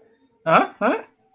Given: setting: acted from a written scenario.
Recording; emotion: vocal sound without words; negative surprise